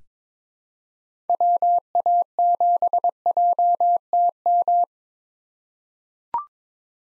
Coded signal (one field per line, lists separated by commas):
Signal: Morse code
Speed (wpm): 22 wpm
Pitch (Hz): 700 Hz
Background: none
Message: WA7JTM